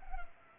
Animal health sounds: mosquito wingbeat signal from an infrared sensor; Culex pipiens

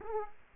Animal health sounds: mosquito wingbeat signal from an infrared sensor; Aedes aegypti

